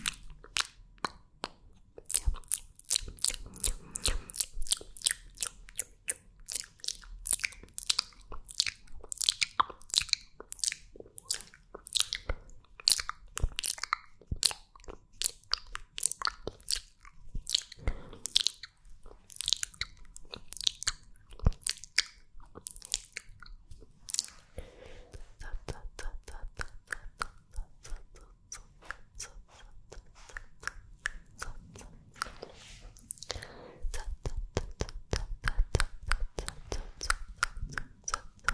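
Mouth sounds: dense, rapid wet clicks and smacks crackle almost continuously, with a few brief pauses and a thicker burst near the end.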